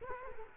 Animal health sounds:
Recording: mosquito wingbeat signal from an infrared sensor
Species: Culex quinquefasciatus

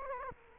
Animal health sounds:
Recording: mosquito wingbeat signal from an infrared sensor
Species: Culex quinquefasciatus

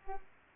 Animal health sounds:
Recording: mosquito wingbeat signal from an infrared sensor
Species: Culex pipiens

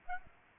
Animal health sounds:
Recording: mosquito wingbeat signal from an infrared sensor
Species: Aedes aegypti

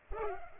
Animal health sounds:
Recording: mosquito wingbeat signal from an infrared sensor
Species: Culex pipiens

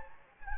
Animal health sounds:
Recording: mosquito wingbeat signal from an infrared sensor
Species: Anopheles gambiae

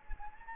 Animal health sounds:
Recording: mosquito wingbeat signal from an infrared sensor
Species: Anopheles gambiae

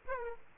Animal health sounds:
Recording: mosquito wingbeat signal from an infrared sensor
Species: Aedes aegypti

